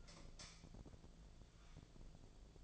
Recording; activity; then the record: daily activity, microphone in the room; light off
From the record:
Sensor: 5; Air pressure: 1009.9 hPa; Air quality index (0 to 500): 159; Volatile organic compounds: 4 ppm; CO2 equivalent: 1545 ppm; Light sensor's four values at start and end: 139/359/149/158 and 139/357/148/157